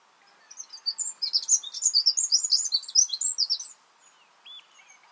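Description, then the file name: Eurasian wren giving a rapid, high, tinkling trilled song of about three seconds, followed by a soft short chirp near the end. "Troglodytes troglodytes"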